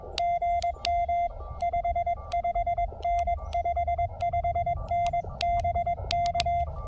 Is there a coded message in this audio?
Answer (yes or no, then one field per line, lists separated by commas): yes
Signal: Morse code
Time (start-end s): 0.2-6.6 s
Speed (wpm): 22 wpm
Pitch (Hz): 2100 Hz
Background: none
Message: GM 55N 55N BK